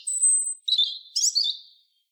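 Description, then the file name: European robin song phrase: a thin, high steady whistle, then tumbling warbled notes. "Erithacus rubecula"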